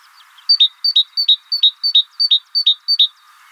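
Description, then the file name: Great tit repeating a clear high-then-low two-note phrase eight times in a steady, fast rhythm. "Parus major"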